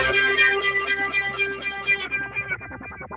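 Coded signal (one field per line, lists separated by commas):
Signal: none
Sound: music intro notes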